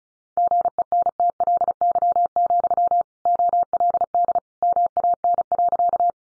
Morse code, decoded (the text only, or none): GENTLY, OLD MAN.